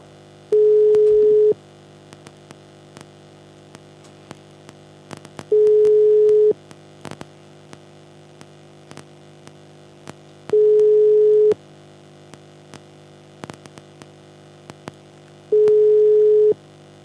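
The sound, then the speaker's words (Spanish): A telephone ringback tone repeats four times unanswered: steady, mid-pitched one-second beeps separated by about four seconds of faint line hiss, with no voices. “Malditos weones que no contestan el teléfono.”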